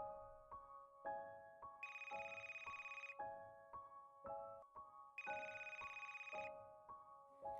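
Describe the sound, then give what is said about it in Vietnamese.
A phone ringtone plays alone: a looping melodic pattern of bright electronic tones, with two bursts of a sustained, buzzier high ring layered over the tune. “Nhi trả lời trong điện thoại.”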